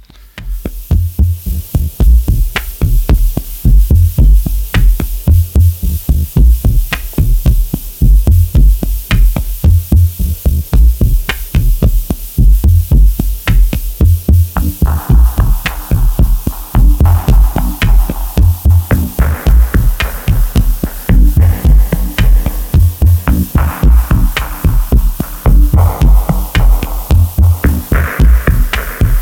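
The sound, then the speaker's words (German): A dub techno track with a steady, thumping four-on-the-floor kick wrapped in constant background hiss and a low droning hum; muffled, echoing chord stabs join about halfway through. “gerade im Dub und Dub-Techno ist dieses Rauschen, dieses Grundrauschen und vielleicht sogar in so ein 50-Hertz-Brummen in der Musik ein ganz, ganz wichtiges Element.”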